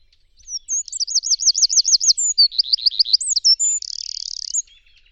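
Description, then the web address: Bird singing a bright phrase of fast repeated curling notes that steps down to a lower run, then rising whistles and a dense buzzing trill at the end. "cianscape birddata Deverinetal 2025"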